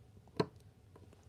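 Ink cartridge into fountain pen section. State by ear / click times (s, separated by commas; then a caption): seated / 0.4 s. An ink cartridge is pushed onto the section of a fountain pen until it pierces and seats. A single sharp pop is heard at 0.4 s, followed by a few faint ticks. The cartridge is seated.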